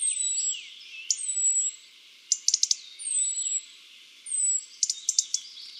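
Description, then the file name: European robin song: long, high, drawn-out whistles alternate with short clusters of sharp ticking notes and softer warbled fragments. "Erithacus rubecula"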